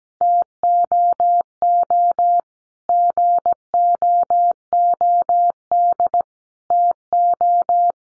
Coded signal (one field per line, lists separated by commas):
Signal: Morse code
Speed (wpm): 17 wpm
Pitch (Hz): 700 Hz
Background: none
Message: TOO GOOD TO